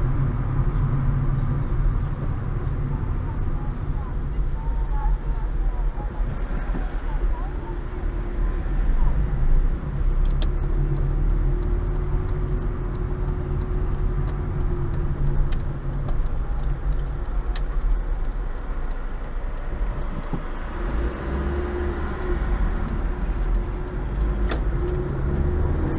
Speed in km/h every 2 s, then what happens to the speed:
18, 16, 7, 5, 9, 14, 14, 12, 7, 1, 1, 7, 14.
0-5 slows to 5. 5-10 speeds up to 14. 13-18 slows to 1. 18-20 standing. 20-26 pulls away to 14.